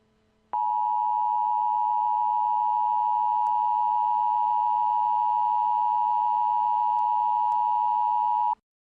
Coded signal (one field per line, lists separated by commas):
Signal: Emergency Alert System (SAME) tones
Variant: 853 and 960 Hz attention tone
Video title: EAS Scenarios:The Birds